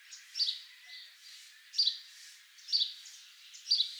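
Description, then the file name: House sparrow giving four main harsh chirps with faint quieter chatter between them. "Passer domesticus"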